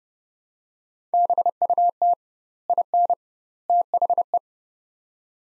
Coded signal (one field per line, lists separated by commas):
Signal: Morse code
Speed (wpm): 30 wpm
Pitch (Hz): 700 Hz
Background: none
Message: BUT IN THE